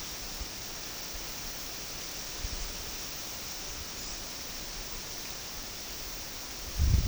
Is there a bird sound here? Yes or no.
no